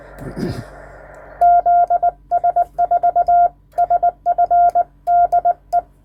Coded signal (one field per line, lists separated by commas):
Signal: Morse code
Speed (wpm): 20 wpm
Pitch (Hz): 700 Hz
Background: none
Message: ZS4SF DE